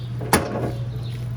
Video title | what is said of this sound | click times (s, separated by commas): 2020 Heartland Mallard M260 | all the way up and then it locks in place with this mechanism right here you'll hear an audible click letting | 0.3 s